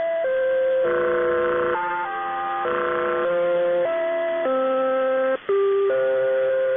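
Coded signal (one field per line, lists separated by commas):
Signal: channel marker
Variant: Bangkok VOLMET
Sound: simple electronic melody of about ten steady organ-like notes over faint hiss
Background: radio hiss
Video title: Bangkok Meteo Interval Signal [HQ]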